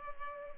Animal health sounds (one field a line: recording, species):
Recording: mosquito wingbeat signal from an infrared sensor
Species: Culex pipiens